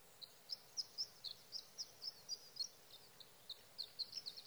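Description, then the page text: Sage thrasher with a run of high, rapid, varied notes with a brief gap, over quiet background hiss. Male singing at night near his night roost, evenings of June 12 to mornings of June 15, 2018, Sierra Valley, California; night songs; recorded with a Swift recorder. "Sage thrasher songs, through the night. in Sierra Valley, California"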